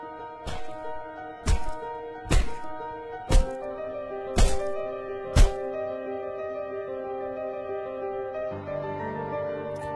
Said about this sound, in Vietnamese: Trong giây phút đó, ông Nhân chồm lấy cây búa ở góc nhà, xông tới dùng hết sức mà giáng xuống.